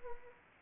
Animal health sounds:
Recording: mosquito wingbeat signal from an infrared sensor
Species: Anopheles arabiensis

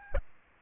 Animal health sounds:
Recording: mosquito wingbeat signal from an infrared sensor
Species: Aedes albopictus

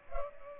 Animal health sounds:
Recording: mosquito wingbeat signal from an infrared sensor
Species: Culex pipiens

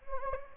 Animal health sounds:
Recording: mosquito wingbeat signal from an infrared sensor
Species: Anopheles gambiae

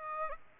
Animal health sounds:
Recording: mosquito wingbeat signal from an infrared sensor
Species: Aedes aegypti

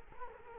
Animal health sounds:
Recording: mosquito wingbeat signal from an infrared sensor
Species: Culex quinquefasciatus

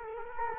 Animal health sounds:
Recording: mosquito wingbeat signal from an infrared sensor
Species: Culex quinquefasciatus

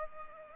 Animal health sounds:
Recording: mosquito wingbeat signal from an infrared sensor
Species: Culex pipiens

